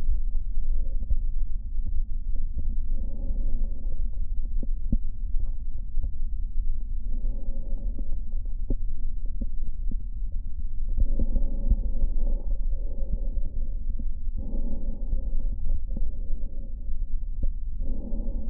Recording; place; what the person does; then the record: lung sounds by stethoscope; left posterior basal chest; quiet breathing, then deep breathing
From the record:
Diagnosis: interstitial lung disease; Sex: male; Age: 65 years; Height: 161 cm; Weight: 74.6 kg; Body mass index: 28.8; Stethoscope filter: diaphragm mode